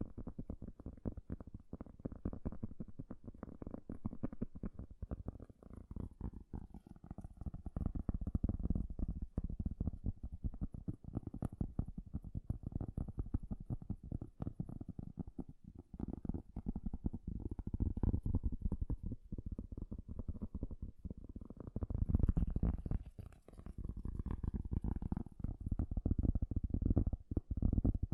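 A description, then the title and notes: Fast tapping runs the whole way through, a dense, rapid patter with a dull, thumpy low tone rather than sharp clicks. It swells louder from about seven seconds and again after twenty-two, with a faint wavering whine drifting underneath. ASMR 3D Fast Tapping.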